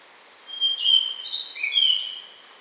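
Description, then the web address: Rufous-brown solitaire song: one short phrase of high, thin whistled notes blending into a squeaky, slurred flourish. Recorded in Ecuador. "Birds of Ecuador. Rufous-brown Solitaire"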